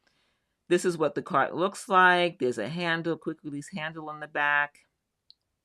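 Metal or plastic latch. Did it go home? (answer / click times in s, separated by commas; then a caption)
yes / 5.3 s. Someone talks, then works the quick-release handle latch at the back of a folding utility cart's frame. A sharp click at 5.3 s marks the latch locking into place so the cart will not open on its own.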